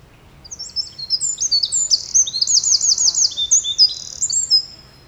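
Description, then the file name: Eurasian wren singing a fast, shrill outpouring of high notes, with a buzzy trill in the middle, lasting roughly four seconds. "Troglodytes troglodytes"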